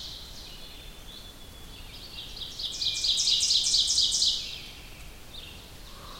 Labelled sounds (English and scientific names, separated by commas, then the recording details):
Ovenbird (Seiurus aurocapilla) song
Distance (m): 15 m
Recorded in boreal forest in Alberta, Canada, on 2 June 2016 at 05:30
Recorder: SongMeter 3, array SBT-3-7
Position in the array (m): 23 m, 132 m
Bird 4